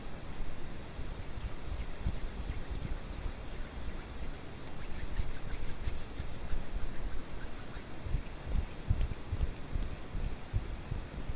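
Hand sounds over a constant hiss, with dense rustling and rubbing that stays fairly even throughout. Short crisp scratchy flicks come in quick bursts, thicker around the middle and again near the end, where a few low thumps also appear.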